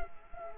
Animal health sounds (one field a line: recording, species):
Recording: mosquito wingbeat signal from an infrared sensor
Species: Culex quinquefasciatus